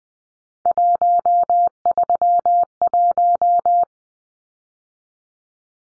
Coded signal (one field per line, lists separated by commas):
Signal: Morse code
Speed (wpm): 20 wpm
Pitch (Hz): 700 Hz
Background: none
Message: 131